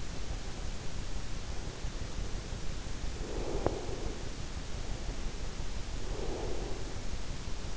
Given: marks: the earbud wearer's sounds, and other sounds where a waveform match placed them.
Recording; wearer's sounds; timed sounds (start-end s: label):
sounds in sleep by an in-ear microphone; breath
3.20-4.28 s: breath
6.00-6.96 s: breath